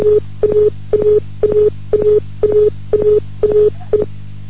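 A telephone disconnect tone after a caller from Tangerang is cut off during a call-in broadcast: nine evenly spaced, steady mid-pitched beeps pulsing about twice a second, loud and alone with no voices.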